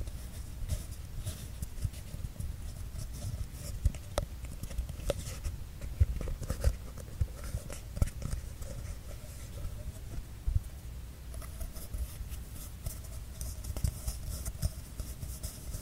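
Sounds of a paper tube: a dense, continuous low rumble with a steady stream of soft taps and scratches layered over a faint hiss. Sharper knocks stand out now and then, around four, eight and ten seconds, with the texture brightening slightly toward the end.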